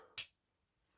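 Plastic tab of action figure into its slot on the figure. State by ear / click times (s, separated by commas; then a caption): seated / 0.2 s. A plastic tab on an action figure is pushed into its slot on the figure and seats with one sharp, bright click at 0.2 s. The click is strongest in the upper frequencies and fades quickly into near silence.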